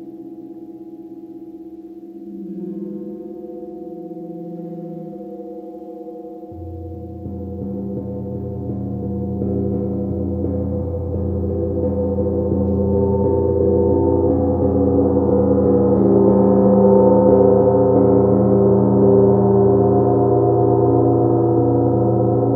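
A gong hums low and steady, then around six seconds a deeper roar swells in, growing fuller and louder toward the end.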